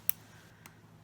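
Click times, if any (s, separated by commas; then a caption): 0.1 s. A pair of metal forceps, a tweezer-like clamp, is squeezed shut by its handles so the ratchet lock engages. A sharp metallic click comes at 0.1 s, followed by a much fainter tick at 0.7 s. The forceps ratchet locks closed.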